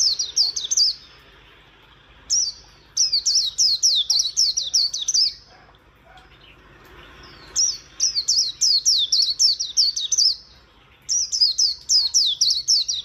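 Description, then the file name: White-eye song: bursts of rapid, high, slurred down-sweeping notes in twittering phrases, separated by short pauses. "Zosterops"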